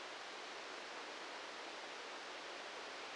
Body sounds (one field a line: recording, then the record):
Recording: brain microelectrode recording played as sound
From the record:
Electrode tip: outside the subthalamic nucleus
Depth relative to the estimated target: -4 mm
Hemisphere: right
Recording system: NeuroSet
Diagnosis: Parkinson's disease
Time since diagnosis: 13 years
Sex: male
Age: 63 years